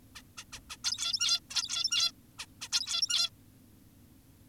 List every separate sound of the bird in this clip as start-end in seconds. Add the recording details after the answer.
0.16-0.22, 0.38-0.44, 0.53-0.60, 0.70-0.77, 0.84-1.40, 1.50-2.12, 2.39-2.46, 2.62-2.68, 2.72-3.30. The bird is an adult. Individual g17y2U